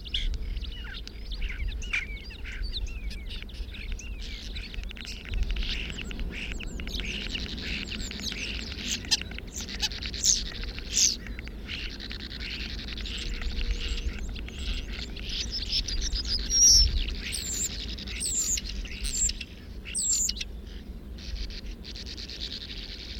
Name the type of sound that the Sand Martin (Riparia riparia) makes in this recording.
call